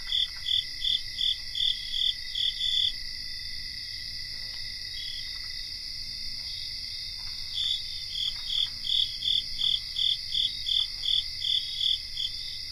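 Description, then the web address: Cricket chorus with bright chirps repeated nearly three times a second in two bursts, a pause between, over a constant high trill. Cricket chorus recorded in North America. "Nature Songs N America Songs of Insects 77-Cricket chorus"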